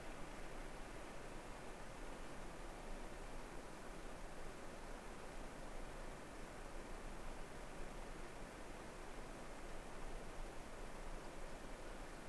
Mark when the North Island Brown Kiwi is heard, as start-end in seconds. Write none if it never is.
none